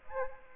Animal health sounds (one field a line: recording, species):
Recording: mosquito wingbeat signal from an infrared sensor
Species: Aedes aegypti